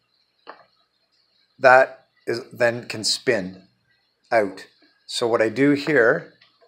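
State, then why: Not seated. Someone handles the locking piece of a homemade pop bottle rocket launcher while talking, with a brief faint sound near 0.5 s before the speech begins. The latch has not yet locked into place, and nothing has seated or clicked by the end of the clip.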